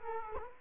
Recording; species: mosquito wingbeat signal from an infrared sensor; Culex quinquefasciatus